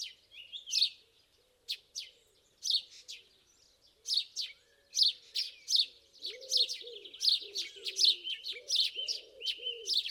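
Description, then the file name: House sparrow chirping, scattered at first, then speeding into a dense stream of sharp repeated chirps, with soft low arched sounds in the background. "Passer domesticus"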